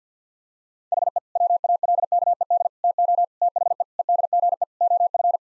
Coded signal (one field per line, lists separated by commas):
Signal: Morse code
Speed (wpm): 50 wpm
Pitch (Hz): 700 Hz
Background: none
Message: HE WALKED TO THE EDGE OF